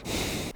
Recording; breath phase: one breath near a microphone; exhalation